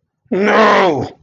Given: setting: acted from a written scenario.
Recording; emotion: vocal sound without words; contempt